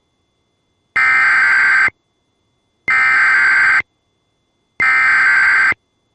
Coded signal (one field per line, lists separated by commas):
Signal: Emergency Alert System (SAME) tones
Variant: header bursts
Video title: EAS 1822: Law Enforcement Warning for Woodford KY